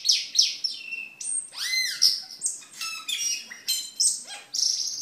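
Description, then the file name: Camperling song of loud harsh squawking notes, downslurred whistles and buzzy chatter in quick succession, with soft background hiss. "camperling omkicau"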